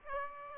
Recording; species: mosquito wingbeat signal from an infrared sensor; Aedes albopictus